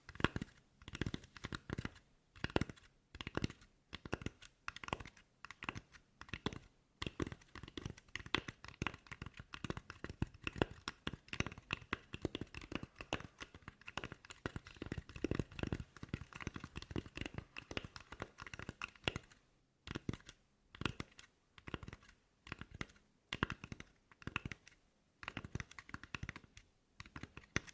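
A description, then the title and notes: Crisp tapping on a hard surface fills the clip in quick, uneven bursts, with each tap a sharp click that has a little low thump behind it. Brief pauses come near twenty and twenty-five seconds. ASMR Tapping For Sleep and Endless Tingles (No Talking).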